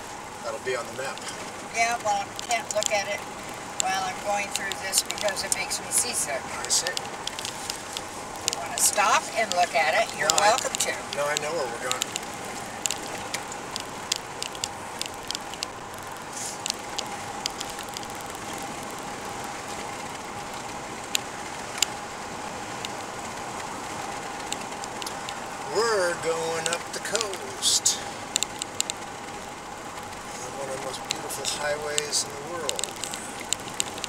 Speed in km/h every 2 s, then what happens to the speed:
61, 65, 71, 69, 70, 72, 69, 66, 69, 71, 75, 74, 71, 64, 65, 65, 64.
0-4 speeds up to 71. 4-15 steady at about 69. 15-20 speeds up to 75. 23-27 slows to 64. 27-34 steady at about 65.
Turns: 24-34.